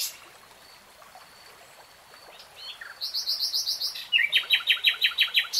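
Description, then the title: Nightingale song beginning after a quiet spell, a phrase of quick high notes giving way to a series of loud, sharp repeated notes. Nightingale singing, recorded in real time. "[Tiếng chim hót] Nightingale Singing"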